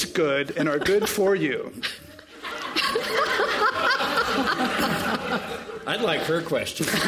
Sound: laughter

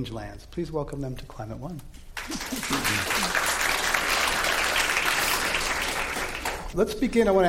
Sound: applause

